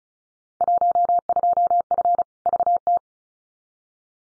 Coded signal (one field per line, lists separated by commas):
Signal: Morse code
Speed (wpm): 36 wpm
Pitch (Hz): 700 Hz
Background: none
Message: 12F VT